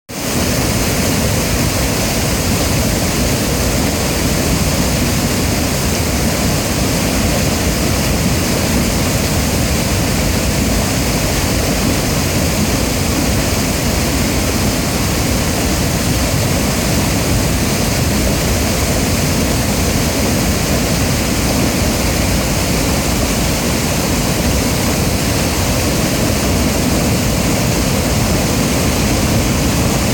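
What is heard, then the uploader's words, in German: Water pours over the Lech weir in a constant, heavy roar that never lets up for the full thirty seconds. The rush is dense and steady, weighted toward a deep rumble with a fainter hiss above it, and no separate events stand out. Lech Staustufe 15.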